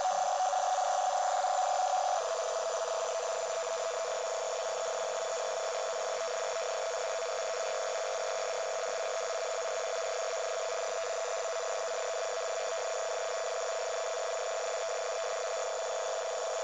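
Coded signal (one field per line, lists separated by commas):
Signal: NAVTEX (SITOR-B)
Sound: fast warbling two-tone chatter around 700 Hz, continuous, over background hiss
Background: radio static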